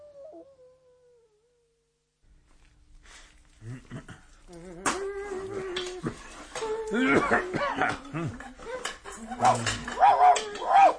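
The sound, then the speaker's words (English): A dog whimpers faintly with a thin, high whine, falls silent, then breaks into a run of yelping barks and wavering whines that grow louder and more frantic toward the end. “Oh, wife, let that dratter dog in and take a stick to him. Oh, that barking's giving me the jitters ever since that business with the giant.”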